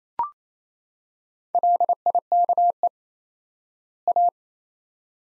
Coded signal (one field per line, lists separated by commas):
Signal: Morse code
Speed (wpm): 28 wpm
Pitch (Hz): 700 Hz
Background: none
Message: LIKE A